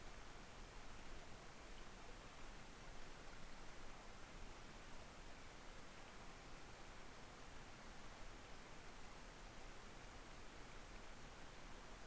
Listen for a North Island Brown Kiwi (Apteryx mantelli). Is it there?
no